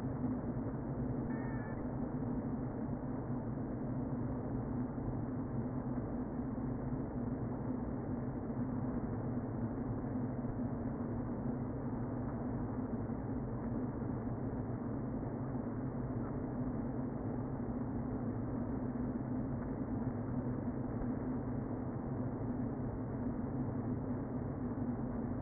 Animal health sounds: honeybee colony, microphone inside the hive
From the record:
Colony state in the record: queen present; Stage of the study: before two queens were removed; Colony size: about 60,000 bees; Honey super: yes

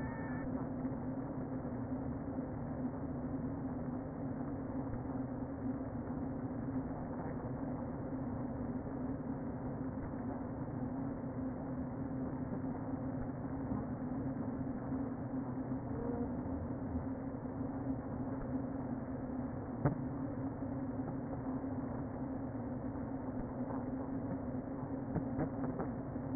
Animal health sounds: honeybee colony, microphone inside the hive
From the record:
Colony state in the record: queen present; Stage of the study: before two queens were removed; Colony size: about 60,000 bees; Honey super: yes

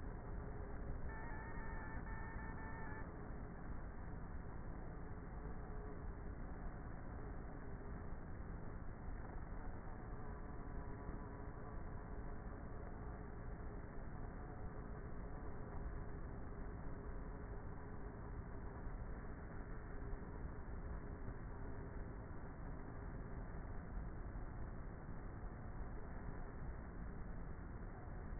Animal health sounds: honeybee colony, microphone inside the hive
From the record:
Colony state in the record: queenless with a low population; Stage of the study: before two queens were removed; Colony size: about 30,000 bees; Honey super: no

